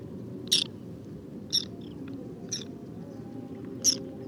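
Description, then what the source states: Whiskered tern contact calls, four short harsh buzzy notes about a second apart over a low steady background rumble. Wintering flock of two to three hundred birds picking insects from the surface of a shallow lake covered with water lilies and lotus, Cambodia, 13 December 2018, 16:30; characteristic electric contact calls.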